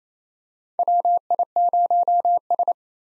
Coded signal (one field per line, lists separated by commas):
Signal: Morse code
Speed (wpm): 28 wpm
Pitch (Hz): 700 Hz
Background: none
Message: WI0S